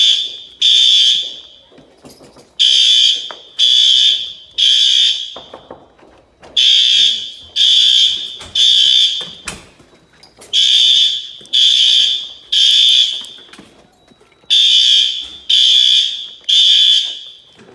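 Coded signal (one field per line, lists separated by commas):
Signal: alarm pattern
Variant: fire alarm bell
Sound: loud ringing fire alarm bell, three half-second rings then a pause, repeating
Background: room echo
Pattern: temporal three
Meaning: Temporal-three ringing is the standard signal to evacuate the building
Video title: Fire Alarm Bell Test #36 (Gamewell-FCI 7075)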